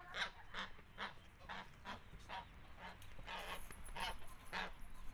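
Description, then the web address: Domestic goose honking faintly, repeated nasal honks about twice a second over a steady low rumble and hiss of background noise. Domestic goose in a farmyard. "allathangok parasztudvar hazilud liba liba"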